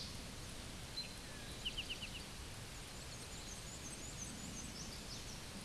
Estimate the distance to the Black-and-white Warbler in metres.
about 70 m